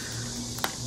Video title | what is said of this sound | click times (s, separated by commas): [입문용 드론]"신형 6세대로 돌아온 SG906max2!! 성능은 얼마나 좋아졌을까?" : 4K,GPS,EIS,360도 장애물센서를 탑재 Budget Drone (U$164) | Empújelo hasta que haga clic. | 0.6 s